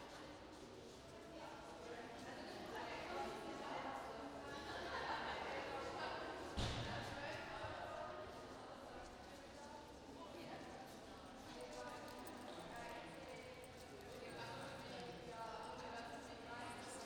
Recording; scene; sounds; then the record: everyday scene through a hearing-aid microphone; reverberant space; background noise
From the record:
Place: railway station hall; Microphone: in the ear canal, right